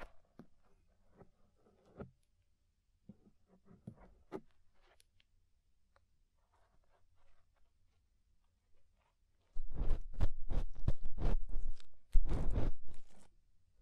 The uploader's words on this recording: Inner and Outer Ear Scraping (No Talking).